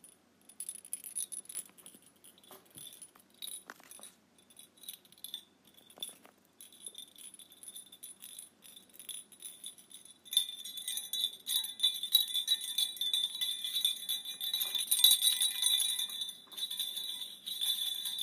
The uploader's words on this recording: ASMR Tiny Bell.